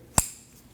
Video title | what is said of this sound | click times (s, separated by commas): How to Replace Radiator 2013-2019 Ford Escape 1.5L L4 | And now your pressure sensor. Wait for the click. | 0.2 s